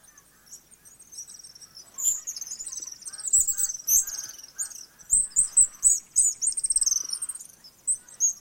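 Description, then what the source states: House swift calls, shrill buzzy twitters that start quietly and build into dense chatter in the second half. Adult.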